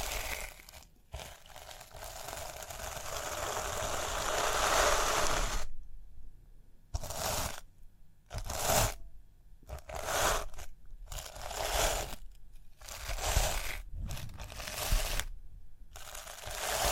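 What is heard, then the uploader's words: Crisp scratching and brushing over a rhinestone-covered surface, with a long steady stretch through the first six seconds. After that the strokes come in short separate bursts roughly every second, split by near-silent gaps, each one bright and rustling. ASMR Relaxing Rhinestone Tapping, Scratching, Brushing (No Talking).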